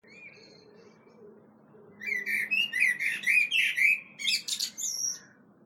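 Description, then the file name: Common blackbird song: a faint note, then a dense run of fluting, gurgling warbles for about two seconds, ending with high, squeaky chirped notes. "Turdus merula"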